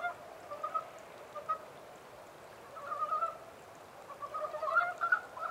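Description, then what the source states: Japanese mountain brown frog croaking calls, short pulsed bursts of rapid clucking notes coming in irregular groups, a longer run near the end, steady faint background hiss. Recorded 14 April 2010 at 03:17.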